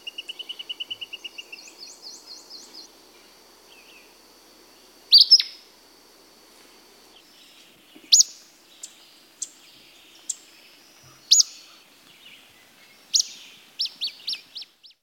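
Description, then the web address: Acadian flycatcher: sharp, explosive notes at irregular intervals, ending in a quicker run, after an opening series of quick trilled notes. "Birds of the Chicago Region. Acadian Flycatcher"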